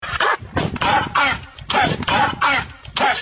Dog cough.